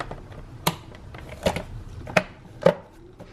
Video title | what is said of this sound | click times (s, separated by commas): 2015-2023 1.4L Chevrolet Trax - Ignition Coil Replacement | snap that back into place. | 0.7 s, 2.2 s